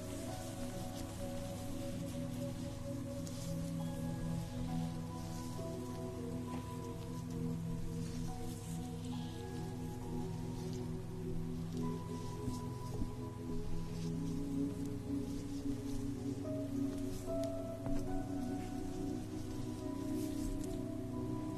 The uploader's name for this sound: the sounds of having your facial treatment, with steam, cream, and massage